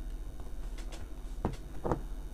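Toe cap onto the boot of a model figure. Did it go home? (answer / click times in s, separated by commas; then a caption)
no / none. The plastic toe cap of a scale-model Iron Man boot is handled and slid over the parts held on the flats, with soft plastic scrapes and small taps around 0.8 s, 1.5 s and 1.9 s. Nothing has seated or clicked into place yet.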